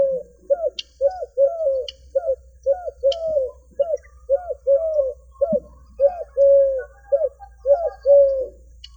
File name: Eurasian collared dove song recorded in February 2015 at Dandoba hill, Sangli